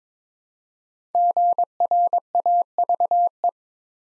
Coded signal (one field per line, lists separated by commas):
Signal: Morse code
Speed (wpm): 22 wpm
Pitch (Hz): 700 Hz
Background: none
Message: GRAVE